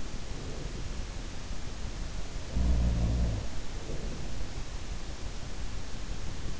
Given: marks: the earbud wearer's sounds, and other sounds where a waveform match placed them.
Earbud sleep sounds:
sounds in sleep by an in-ear microphone; breath
2.27-4.76 s: sound from someone else or the room
3.38-4.76 s: breath

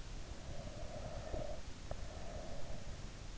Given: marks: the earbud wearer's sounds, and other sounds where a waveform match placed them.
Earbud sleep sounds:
sounds in sleep by an in-ear microphone; breath
0.37-3.08 s: breath

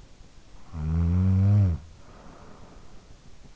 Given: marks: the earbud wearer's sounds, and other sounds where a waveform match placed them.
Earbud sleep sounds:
sounds in sleep by an in-ear microphone; snoring breath
0.33-3.13 s: snoring breath

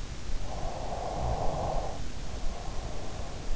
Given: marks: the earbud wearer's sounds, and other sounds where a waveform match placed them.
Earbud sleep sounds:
sounds in sleep by an in-ear microphone; snoring breath
0.10-3.29 s: snoring breath

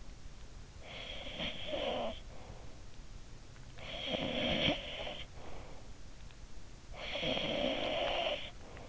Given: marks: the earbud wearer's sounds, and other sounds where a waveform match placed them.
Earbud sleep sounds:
sounds in sleep by an in-ear microphone; snoring breath
0.47-2.81 s: snoring breath
3.38-5.86 s: snoring breath
6.61-8.89 s: snoring breath

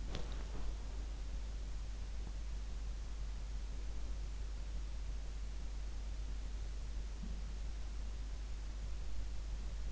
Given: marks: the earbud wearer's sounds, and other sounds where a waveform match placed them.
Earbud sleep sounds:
sounds in sleep by an in-ear microphone; body movement
0.00-0.91 s: body movement

